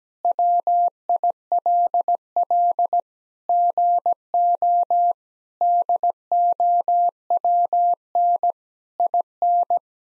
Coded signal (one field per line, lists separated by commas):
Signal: Morse code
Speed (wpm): 17 wpm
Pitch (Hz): 700 Hz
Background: none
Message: WILL GO DOWN IN